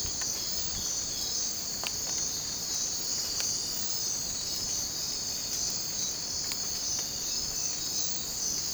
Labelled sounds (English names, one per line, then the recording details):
none
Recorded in dense forest near Puerto Asís, Putumayo, Colombia, on 20 December 2024 at 04:00
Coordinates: 0.466, -76.327
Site G075